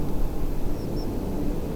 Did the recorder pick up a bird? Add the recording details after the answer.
yes. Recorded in France